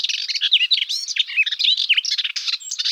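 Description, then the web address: Melodious warbler song, a fast continuous chattering warble of varied high notes, slurred chirps and short rising and falling whistles, without pause throughout. "Hippolais polyglotta"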